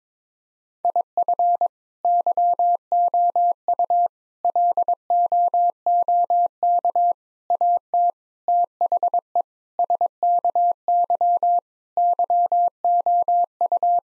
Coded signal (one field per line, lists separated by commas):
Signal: Morse code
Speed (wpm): 22 wpm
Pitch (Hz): 700 Hz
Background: none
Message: IF YOU LOOK AT THE SKY YOU